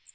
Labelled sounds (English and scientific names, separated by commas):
Magnolia Warbler (Setophaga magnolia) flight call